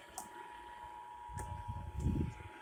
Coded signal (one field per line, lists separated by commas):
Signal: Emergency Alert System (SAME) tones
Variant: 853 and 960 Hz attention tone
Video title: INSERT GIANT OBNOXIOUS TEXT HERE. Broadcast Radio EAS: Required Monthly Test (EAS #1,261 - 1,266)